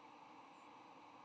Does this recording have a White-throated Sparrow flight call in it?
no